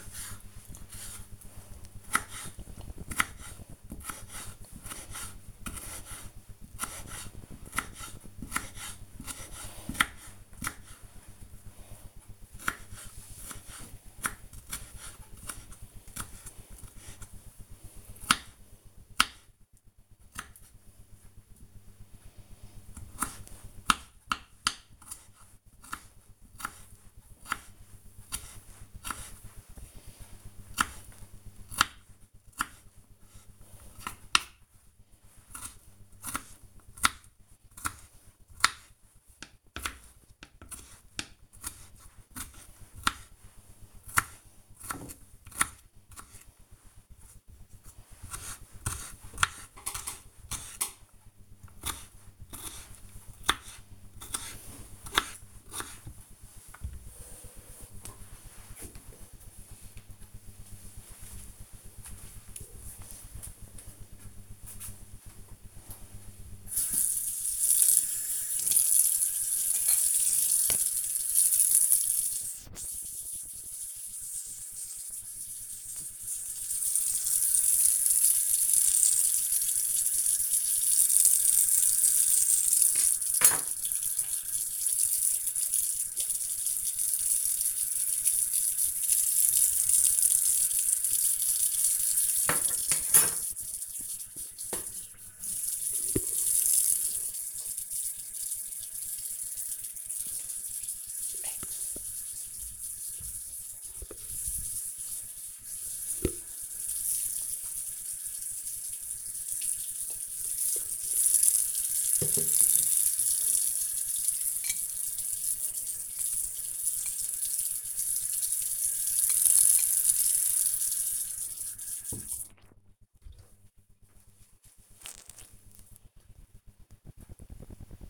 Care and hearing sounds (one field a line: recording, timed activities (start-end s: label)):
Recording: household activities, microphone on the right wrist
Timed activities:
0.00-57.78 s: cutting vegetables
64.82-123.14 s: washing dishes